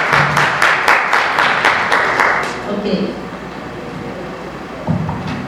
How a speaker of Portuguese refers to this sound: Nós estamos, eu chamo e peço aplausos para as nossas heroínas que chegaram agora todos para o momento.